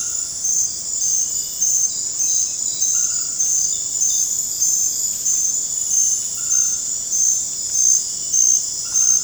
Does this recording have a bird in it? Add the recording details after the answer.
no. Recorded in dense forest near Puerto Asís, Putumayo, Colombia, on 21 December 2024 at 20:00. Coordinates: 0.481, -76.323. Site G100